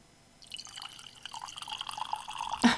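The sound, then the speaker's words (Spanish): Liquid trickles steadily into a glass, a bubbly, ringing gurgle that grows louder over a couple of seconds and ends in a brief, sharper splash. “Ahí va. El chorrito.”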